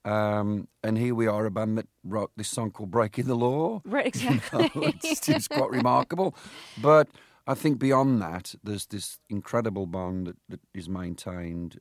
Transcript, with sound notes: And here we are, a band that wrote this song called "Breaking the Law"...
Right. Exactly.
(Soundbite of laughter) ...you know, which is quite remarkable. But I think beyond that, there's this incredible bond that is maintained